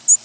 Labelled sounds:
American Redstart flight call

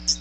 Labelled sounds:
Hooded Warbler flight call

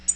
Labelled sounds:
Tennessee Warbler flight call

